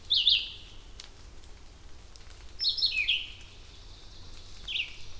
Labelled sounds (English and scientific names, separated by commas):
Red-eyed Vireo (Vireo olivaceus) song